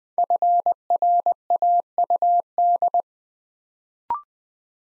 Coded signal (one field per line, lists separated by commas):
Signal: Morse code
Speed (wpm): 20 wpm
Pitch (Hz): 700 Hz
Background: none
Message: FRAUD